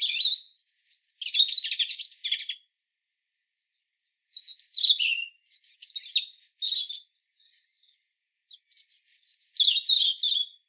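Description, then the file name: European robin pouring out three bright phrases of rapid high warbling, separated by pauses. "Erithacus rubecula"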